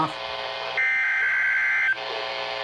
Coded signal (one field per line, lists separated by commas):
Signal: Emergency Alert System (SAME) tones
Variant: header bursts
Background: speech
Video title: Late Upload... Required Weekly Tests (WXL25 Missoula and WXL82 Kalispell)(EAS#93-94)